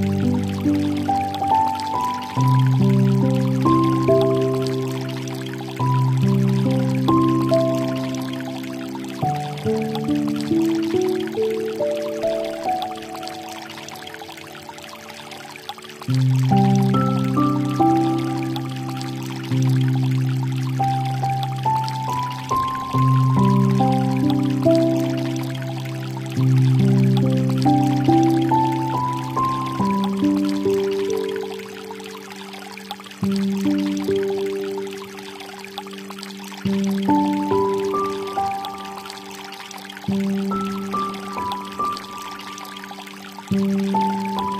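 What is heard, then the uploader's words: A slow, gentle piano melody plays over low sustained chords, each note ringing out and fading before the next, with the harmony shifting every few seconds. Behind it, a soft, steady hiss of flowing water runs throughout the clip without pause. Flowing water sounds, piano relax music in the background.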